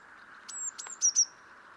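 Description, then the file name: Eurasian blue tit giving a short burst of thin, very high piping notes, the last two louder, with no churr following. "Cyanistes caeruleus"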